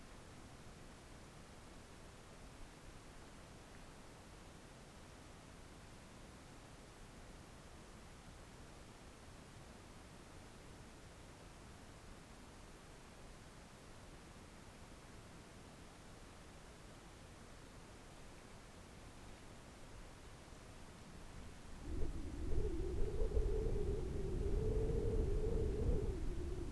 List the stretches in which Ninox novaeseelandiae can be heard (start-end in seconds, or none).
none